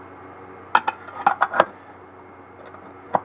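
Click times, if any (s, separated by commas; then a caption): none. A watch holder cup is handled against the drum of a Barrington single watch winder in gloss black, after several failed tries to fit it. Short sharp taps and knocks land around 0.8, 1.4, 1.6 and 3.2 seconds over a faint steady hum. Nothing has seated or clicked into place yet.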